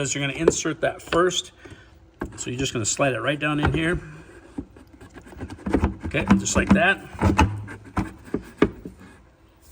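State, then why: Seated. A thermostat for a 2011–2019 Ford Explorer is slid down into its plastic housing and pressed until it locks, with all three tabs engaged, while someone talks. Soft scraping and tapping from the part going in are followed by two sharp clicks at 8.0 s and 8.6 s as it seats.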